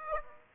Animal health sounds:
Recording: mosquito wingbeat signal from an infrared sensor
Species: Aedes aegypti

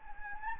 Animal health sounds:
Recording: mosquito wingbeat signal from an infrared sensor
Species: Anopheles gambiae

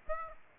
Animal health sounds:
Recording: mosquito wingbeat signal from an infrared sensor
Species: Aedes aegypti

